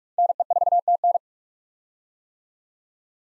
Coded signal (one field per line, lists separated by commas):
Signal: Morse code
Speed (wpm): 44 wpm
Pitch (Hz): 700 Hz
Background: none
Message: NE4TN